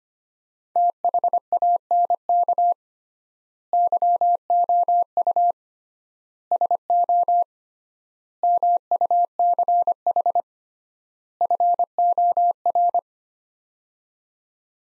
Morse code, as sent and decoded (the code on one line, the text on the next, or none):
- .... .- -. -.- / -.-- --- ..- / ... --- / -- ..- -.-. .... / ..-. --- .-.
THANK YOU SO MUCH FOR